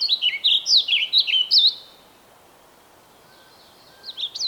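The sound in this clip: Bird song: a fast phrase of bright, looping whistled notes, then a quiet gap with faint notes, and a new phrase starting at the end.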